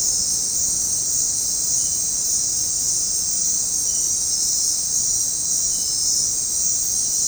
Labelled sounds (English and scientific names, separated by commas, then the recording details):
none
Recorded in dense forest near Puerto Asís, Putumayo, Colombia, on 20 February 2024 at 21:00
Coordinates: 0.503, -76.322
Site G6418